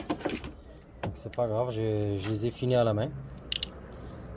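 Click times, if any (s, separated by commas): 3.6 s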